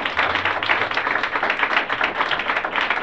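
A church audience claps steadily and loudly in applause to the Lord, a dense rattle of many overlapping hand claps with no voices rising above it.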